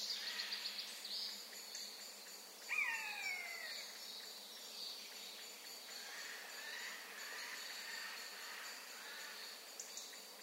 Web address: SETE data Garrulus glandarius